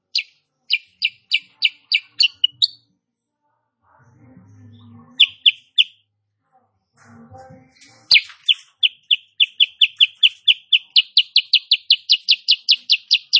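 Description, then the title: Sooty-headed bulbul song of rapid, high, repeated chirps, broken twice by low background noise, ending in a long, fast, even series of notes. Female; recording used as master song for training cage birds; described as gacor (singing persistently) and nembak rapat (rapid, closely packed notes). "Masteran Kutilang Sutra. Kutilang SUTRA BETINA GACOR nembak RAPAT"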